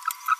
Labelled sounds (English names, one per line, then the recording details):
Green-rumped Parrotlet babbling
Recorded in a nest box in Venezuela
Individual 18B25A5